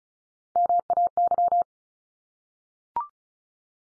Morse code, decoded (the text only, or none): MAY